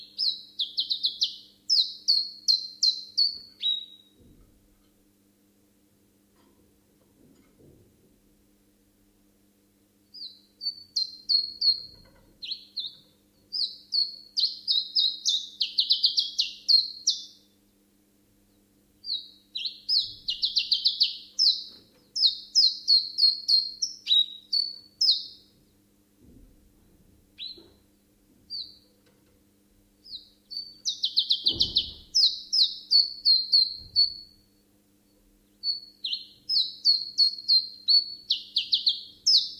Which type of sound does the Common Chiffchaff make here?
song